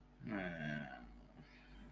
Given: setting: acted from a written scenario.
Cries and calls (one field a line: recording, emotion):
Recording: vocal sound without words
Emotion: distress